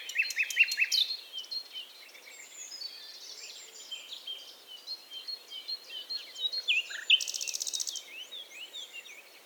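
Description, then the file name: Common nightingale song opening with a series of loud, evenly spaced sharp notes, later a quick buzzy trill, amid dense twittering. "Luscinia megarhynchos"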